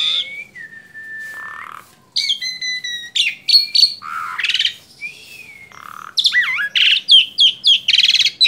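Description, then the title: Asian pied starling song with a long flat whistle, then harsh buzzy bursts and a run of loud repeated notes. Training recording (masteran) of Asian pied starling song for teaching cage birds. "Masteran Jalak Suren"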